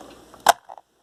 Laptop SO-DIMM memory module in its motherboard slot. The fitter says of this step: there he goes and see how it popped up at a 45 and turn the laptop there